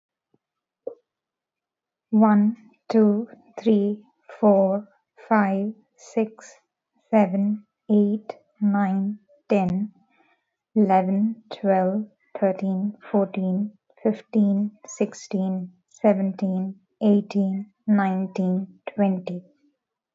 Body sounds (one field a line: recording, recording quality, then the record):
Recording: counting at a normal pace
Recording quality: excellent, no background noise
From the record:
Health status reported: healthy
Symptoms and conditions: none ticked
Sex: female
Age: 32 years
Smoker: not ticked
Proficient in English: yes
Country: India